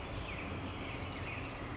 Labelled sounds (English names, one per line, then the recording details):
California Towhee
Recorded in Sonoma County, California